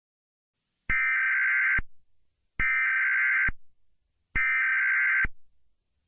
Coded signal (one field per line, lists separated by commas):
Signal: Emergency Alert System (SAME) tones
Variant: header bursts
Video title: Eas Scenario 011 - Operation of the Silent Feast (The Thanksgiving Special)